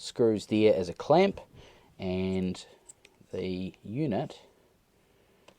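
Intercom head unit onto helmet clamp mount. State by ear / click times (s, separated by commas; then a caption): seated / 5.5 s. A Sena 50S motorcycle intercom head unit is slid down onto its helmet clamp mount, which is held to the helmet with Allen key screws. Someone talks for most of the clip, then a single short tick is heard at 5.5 s as the unit latches and seats on the mount.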